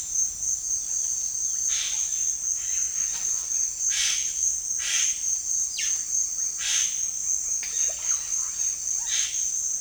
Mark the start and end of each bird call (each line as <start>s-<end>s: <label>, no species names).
1.56s-9.39s: bird call